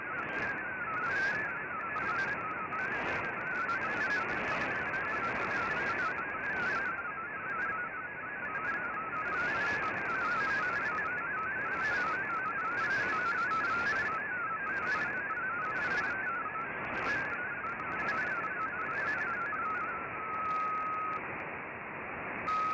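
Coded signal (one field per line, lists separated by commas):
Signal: multi-tone FSK (Olivia or MFSK type)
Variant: MFSK32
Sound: rapid warbling single tone hopping between pitches, like a fast burbling melody over hiss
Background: radio static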